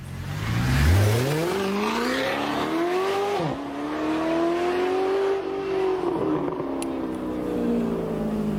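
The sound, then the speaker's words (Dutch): A Mercedes-AMG sports car engine revs hard, its pitch sweeping up into a loud sustained roar, dipping briefly as if shifting, then climbing again before easing off. No one speaks. “Karl Benz van Mercedes-Benz dus, die nu onder meer met hun AMG-klasse indrukwekkende auto's maken.”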